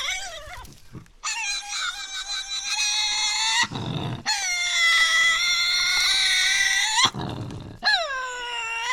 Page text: Birdsong for the Curious Naturalist. Tasmanian devil. Inside an enclosure at the world-class conservation facility at Cradle Mountain, Tasmania